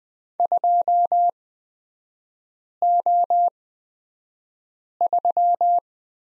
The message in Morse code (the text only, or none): 2O3